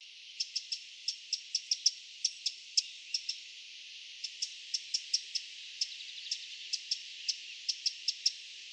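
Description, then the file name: Eurasian wren calling: sharp, high ticking notes given singly and in quick pairs, several per second with short pauses, over a steady high hiss. "Troglodytes troglodytes"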